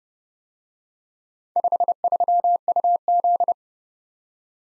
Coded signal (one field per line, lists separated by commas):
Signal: Morse code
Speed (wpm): 34 wpm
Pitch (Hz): 700 Hz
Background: none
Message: 53UZ